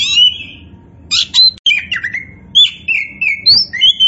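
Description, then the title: Oriental magpie-robin song of separate whistled phrases, some rising, some dropping, broken by short harsh bursts and brief silences. Poci form of the bird, described as gacor, singing continuously and vigorously. "Kacer Poci"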